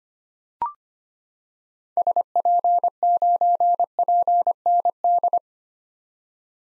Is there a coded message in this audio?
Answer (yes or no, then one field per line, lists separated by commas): yes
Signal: Morse code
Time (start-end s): 2.0-5.4 s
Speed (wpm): 25 wpm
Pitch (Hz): 700 Hz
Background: none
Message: SP9PND